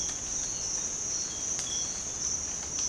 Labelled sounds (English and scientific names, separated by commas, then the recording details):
none
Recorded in dense forest near Puerto Asís, Putumayo, Colombia, on 22 December 2024 at 06:30
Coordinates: 0.466, -76.327
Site G075